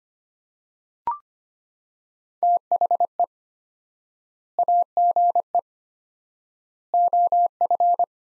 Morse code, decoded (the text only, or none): THE AGE OF